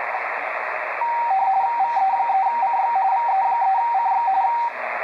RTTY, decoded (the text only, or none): VE3CX VE3CX